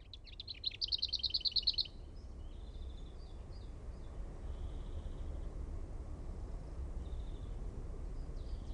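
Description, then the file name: Lesser whitethroat giving a dry, fast, even rattle on one pitch, lasting about a second, then faint high calls over steady low background noise. "HERNEKERTTU"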